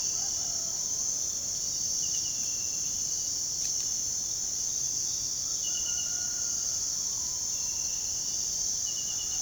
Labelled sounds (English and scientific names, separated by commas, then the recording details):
none
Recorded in pastures near Puerto Asís, Putumayo, Colombia, on 24 June 2025 at 05:30
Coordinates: 0.497, -76.327
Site G040